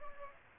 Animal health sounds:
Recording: mosquito wingbeat signal from an infrared sensor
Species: Aedes aegypti

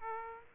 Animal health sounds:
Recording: mosquito wingbeat signal from an infrared sensor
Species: Aedes aegypti

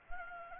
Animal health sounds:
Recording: mosquito wingbeat signal from an infrared sensor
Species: Anopheles gambiae

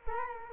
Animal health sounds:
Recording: mosquito wingbeat signal from an infrared sensor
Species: Culex quinquefasciatus

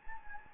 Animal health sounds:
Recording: mosquito wingbeat signal from an infrared sensor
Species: Anopheles gambiae

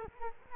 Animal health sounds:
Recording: mosquito wingbeat signal from an infrared sensor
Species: Culex quinquefasciatus

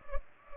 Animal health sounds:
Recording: mosquito wingbeat signal from an infrared sensor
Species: Culex pipiens

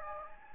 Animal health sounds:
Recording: mosquito wingbeat signal from an infrared sensor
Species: Anopheles gambiae

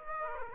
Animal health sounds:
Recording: mosquito wingbeat signal from an infrared sensor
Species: Aedes aegypti

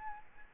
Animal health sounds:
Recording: mosquito wingbeat signal from an infrared sensor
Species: Aedes albopictus

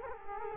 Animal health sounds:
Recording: mosquito wingbeat signal from an infrared sensor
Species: Culex quinquefasciatus

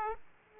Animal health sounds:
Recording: mosquito wingbeat signal from an infrared sensor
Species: Aedes aegypti

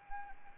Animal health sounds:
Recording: mosquito wingbeat signal from an infrared sensor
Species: Anopheles arabiensis

